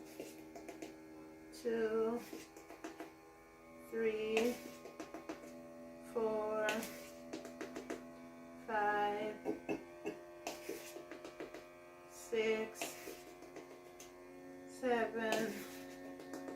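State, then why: Not seated. A metal canning lid sits on a glass jar of pancake mix under a vacuum sealer as the jar is vacuum sealed, while someone talks and music plays in the background over a steady hum. The clip ends before the lid seals, so nothing has clicked or seated yet.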